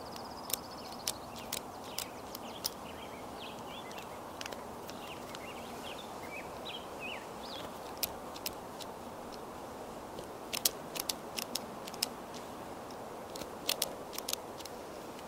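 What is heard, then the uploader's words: Makeup being done outside: sharp clicks and taps come in bursts over a steady low murmur, with light bird chirps early on. Doing Your Makeup Outside on a Sunny Day.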